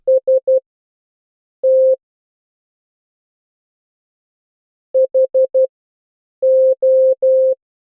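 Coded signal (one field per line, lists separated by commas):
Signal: Morse code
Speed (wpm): 12 wpm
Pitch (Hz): 520 Hz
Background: none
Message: ST HO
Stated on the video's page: Morse keyed on a real key through a Vail Adapter built on a XIAO SAMD21, played into the MORSE game.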